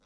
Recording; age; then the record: pig call; piglet (1 to 25 days)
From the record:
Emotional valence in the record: positive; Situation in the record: reunion after long isolation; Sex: male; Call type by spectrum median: low-frequency call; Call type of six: low-frequency tonal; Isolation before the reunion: 8 minutes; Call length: 0.06 s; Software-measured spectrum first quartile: 368 Hz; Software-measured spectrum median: 1265 Hz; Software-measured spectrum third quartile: 3683 Hz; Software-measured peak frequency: 19 Hz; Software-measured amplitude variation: 1 dB a second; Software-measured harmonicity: -0.1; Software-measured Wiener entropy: -1.71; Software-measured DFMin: 768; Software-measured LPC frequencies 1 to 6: 567, 1348, 2322, 3762, 4878, 5767 Hz